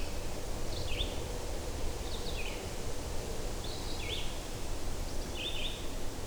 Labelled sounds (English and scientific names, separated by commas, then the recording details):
Red-eyed Vireo (Vireo olivaceus) song
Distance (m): 40 m
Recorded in boreal forest in Alberta, Canada, on 21 June 2016 at 08:50
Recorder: SongMeter 3, array SBT-6-76
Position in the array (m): 180 m, 88 m